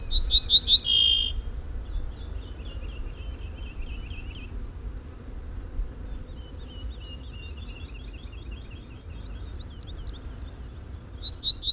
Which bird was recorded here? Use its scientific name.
Emberiza leucocephalos